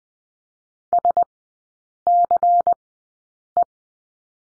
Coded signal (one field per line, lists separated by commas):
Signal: Morse code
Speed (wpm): 20 wpm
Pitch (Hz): 700 Hz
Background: none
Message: SCE